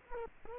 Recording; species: mosquito wingbeat signal from an infrared sensor; Culex quinquefasciatus